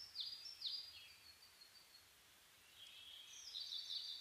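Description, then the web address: Bird song of two quick, sharply descending high notes, then a short pause and a faint, rapid high twitter. Dawn chorus (reimei) of birdsong (saezuri), 10 May 2010. "2010 reimei DH-D 50-saezuri-20100510-0401"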